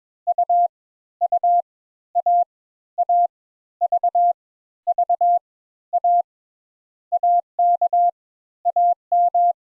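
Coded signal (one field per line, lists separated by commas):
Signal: Morse code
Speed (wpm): 22 wpm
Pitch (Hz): 700 Hz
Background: none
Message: U U A A V V A AK AM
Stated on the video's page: Morse code introductory lesson teaching the letters A and N.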